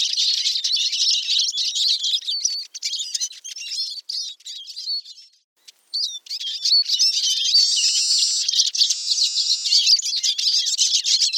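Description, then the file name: Eurasian siskin singing a rapid, scratchy twitter of high notes, broken by a short silence midway, then resuming with a drawn-out wheezy buzz. "suara siskin eurasia"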